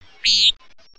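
Common nighthawk giving a single short, buzzy, nasal call, with no other clear sounds.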